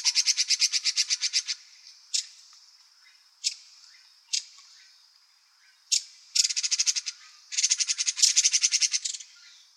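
Bird giving long, dry, rapid rattles of harsh pulsed notes, broken by single sharp clicks between the bursts, with a quiet background.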